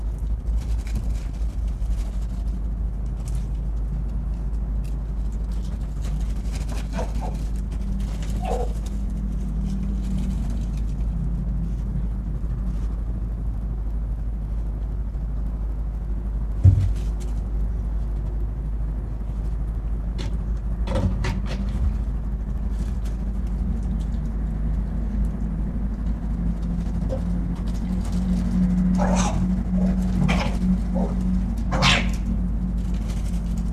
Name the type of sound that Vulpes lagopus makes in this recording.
growling